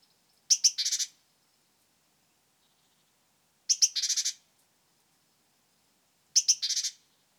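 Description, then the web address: Great tit churring call, a quick burst of two sharp notes and a buzzy rattle, repeated three times roughly every three seconds. "SETE data Parus major"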